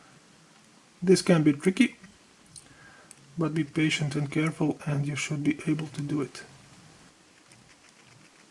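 A Sony Xperia E1 D2005's display flat cable connector and retaining clip are handled at the phone's mainboard while someone talks, with a few faint small ticks at about 2.6, 3.1 and 7.5 seconds. Nothing has seated or clicked yet; the clip ends before the cable goes home and its clip snaps back into place.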